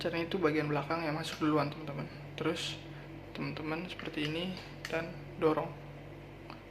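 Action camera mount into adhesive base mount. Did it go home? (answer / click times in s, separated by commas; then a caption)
yes / 6.5 s. An action camera mount is fitted into an adhesive base mount, back end first, then pushed from front to back while someone talks. A short click at 6.5 s marks the mount seating tightly in the base.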